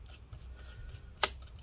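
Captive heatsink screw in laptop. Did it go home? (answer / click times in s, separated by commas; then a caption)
released / 1.2 s. A spring-loaded captive screw on the heatsink of an HP Omen 15-ek0013dx laptop is loosened by twisting it, with faint scraping and rubbing sounds before a single sharp, bright click at 1.2 s. The click means the captive screw has released.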